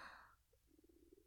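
A brief hiss fades out, then a soft, low gurgling growl with a rapid bubbling flutter lasts about half a second: an adult woman's stomach growling. These are ordinary stomach rumbles (borborygmi): gas and fluid moving through the gut.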